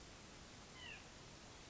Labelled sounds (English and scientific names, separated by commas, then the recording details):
White-breasted Nuthatch (Sitta carolinensis)
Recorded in Sonoma County, California